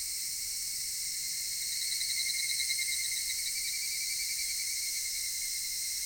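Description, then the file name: Cicadas singing together in a continuous high-pitched drone, with a faint pulsing wobble in the middle seconds. Cicadas recorded in Japan. "Cigales nippon"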